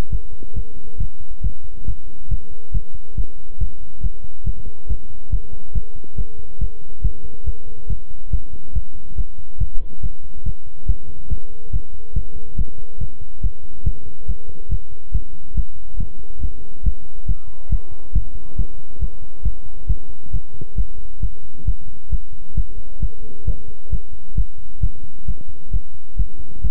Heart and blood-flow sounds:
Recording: heart sounds by stethoscope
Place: between the tricuspid and mitral areas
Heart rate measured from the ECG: 138 bpm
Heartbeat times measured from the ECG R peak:
0.10 s: heartbeat
0.54 s: heartbeat
0.98 s: heartbeat
1.41 s: heartbeat
1.85 s: heartbeat
2.29 s: heartbeat
2.72 s: heartbeat
3.15 s: heartbeat
3.58 s: heartbeat
4.01 s: heartbeat
4.44 s: heartbeat
4.87 s: heartbeat
5.30 s: heartbeat
5.73 s: heartbeat
6.16 s: heartbeat
6.59 s: heartbeat
7.02 s: heartbeat
7.44 s: heartbeat
7.87 s: heartbeat
8.31 s: heartbeat
8.73 s: heartbeat
9.16 s: heartbeat
9.58 s: heartbeat
10.01 s: heartbeat
10.44 s: heartbeat
10.86 s: heartbeat
11.28 s: heartbeat
11.71 s: heartbeat
12.14 s: heartbeat
12.56 s: heartbeat
12.98 s: heartbeat
13.41 s: heartbeat
13.84 s: heartbeat
14.26 s: heartbeat
14.69 s: heartbeat
15.12 s: heartbeat
15.54 s: heartbeat
15.98 s: heartbeat
16.40 s: heartbeat
16.83 s: heartbeat
17.26 s: heartbeat
17.69 s: heartbeat
18.13 s: heartbeat
18.56 s: heartbeat
18.99 s: heartbeat
19.43 s: heartbeat
19.87 s: heartbeat
20.31 s: heartbeat
20.76 s: heartbeat
21.20 s: heartbeat
21.65 s: heartbeat
22.10 s: heartbeat
22.55 s: heartbeat
23.00 s: heartbeat
23.45 s: heartbeat
23.90 s: heartbeat
24.35 s: heartbeat
24.81 s: heartbeat
25.26 s: heartbeat
25.71 s: heartbeat
26.17 s: heartbeat
26.62 s: heartbeat
From the record:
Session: pedaling a stationary bicycle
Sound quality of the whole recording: good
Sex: male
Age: 24 years

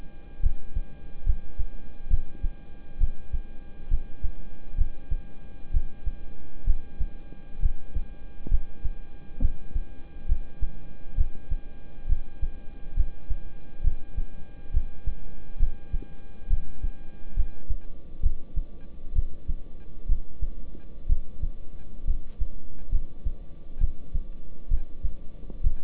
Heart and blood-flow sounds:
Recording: heart sounds by stethoscope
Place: between the tricuspid and mitral areas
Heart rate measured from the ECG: 67 bpm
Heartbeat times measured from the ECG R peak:
0.43 s: heartbeat
1.26 s: heartbeat
2.11 s: heartbeat
3.01 s: heartbeat
3.91 s: heartbeat
4.78 s: heartbeat
5.74 s: heartbeat
6.67 s: heartbeat
7.62 s: heartbeat
8.51 s: heartbeat
9.42 s: heartbeat
10.29 s: heartbeat
11.18 s: heartbeat
12.09 s: heartbeat
12.97 s: heartbeat
13.84 s: heartbeat
14.74 s: heartbeat
15.60 s: heartbeat
16.50 s: heartbeat
17.37 s: heartbeat
18.23 s: heartbeat
19.16 s: heartbeat
20.09 s: heartbeat
21.09 s: heartbeat
22.07 s: heartbeat
22.92 s: heartbeat
23.81 s: heartbeat
24.71 s: heartbeat
25.64 s: heartbeat
From the record:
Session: rest, lying down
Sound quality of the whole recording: good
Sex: male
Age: 26 years

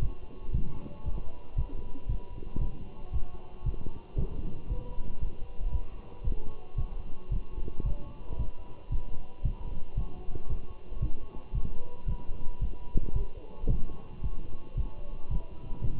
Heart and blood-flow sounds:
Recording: heart sounds by stethoscope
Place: between the tricuspid and mitral areas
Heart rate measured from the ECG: 114 bpm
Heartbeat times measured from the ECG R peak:
0.02 s: heartbeat
0.54 s: heartbeat
1.06 s: heartbeat
1.58 s: heartbeat
2.09 s: heartbeat
2.61 s: heartbeat
3.13 s: heartbeat
3.66 s: heartbeat
4.18 s: heartbeat
4.70 s: heartbeat
5.21 s: heartbeat
5.72 s: heartbeat
6.25 s: heartbeat
6.78 s: heartbeat
7.32 s: heartbeat
7.86 s: heartbeat
8.39 s: heartbeat
8.92 s: heartbeat
9.45 s: heartbeat
9.97 s: heartbeat
10.50 s: heartbeat
11.02 s: heartbeat
11.55 s: heartbeat
12.08 s: heartbeat
12.61 s: heartbeat
13.16 s: heartbeat
13.70 s: heartbeat
14.24 s: heartbeat
14.77 s: heartbeat
15.31 s: heartbeat
15.84 s: heartbeat
From the record:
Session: walking at 3.7 km/h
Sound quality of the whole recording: good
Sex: male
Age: 27 years

